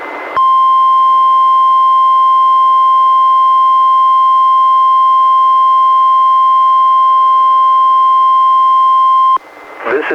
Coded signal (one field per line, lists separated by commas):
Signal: Emergency Alert System (SAME) tones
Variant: 1050 Hz attention tone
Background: speech